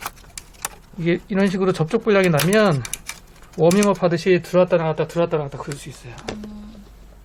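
A technician removes and reinserts a RAM stick into a motherboard memory slot of a PC that keeps booting and shutting off in a loop, pushing it in firmly. Sharp clicks at 0.4 s and 0.7 s are the slot's retention clips snapping shut as the module latches in and seats. Someone then talks for the rest of the clip.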